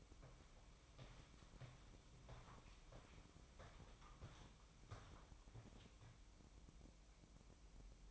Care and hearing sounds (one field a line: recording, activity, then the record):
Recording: daily activity, microphone in the room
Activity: walk to room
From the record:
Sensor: 1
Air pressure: 1008.2 hPa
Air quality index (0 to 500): 138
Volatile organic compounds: 2 ppm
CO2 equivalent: 1158 ppm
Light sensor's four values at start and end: 11/26/11/12 and 10/24/10/10